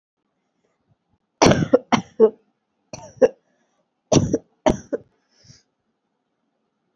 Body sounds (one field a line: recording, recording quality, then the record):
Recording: shallow voluntary cough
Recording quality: excellent, no background noise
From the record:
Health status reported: COVID-19 positive, mild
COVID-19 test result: positive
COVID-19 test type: RT-PCR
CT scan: not taken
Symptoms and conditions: cough, cold, breathing difficulty, sore throat, fever, fatigue, muscle pain, loss of smell and taste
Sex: female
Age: 20 years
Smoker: no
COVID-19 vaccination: both doses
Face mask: not worn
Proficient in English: yes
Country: India